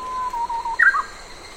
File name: AMBIENCE SANNOHE FOREST SUMMER RAIN BIRDS NEARBY ROAD